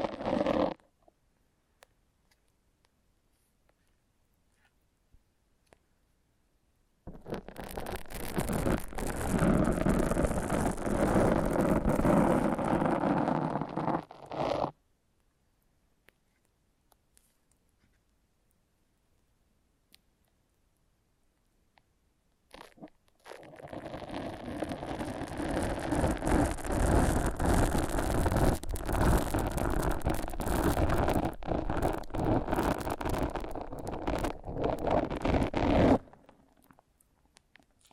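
Foam massage: dense, rough rubbing and squeaking that fills the whole range from low to bright. It comes in two long stretches, about 7 to 15 seconds and 23 to 36 seconds, separated by near silence, with a brief blip at the start.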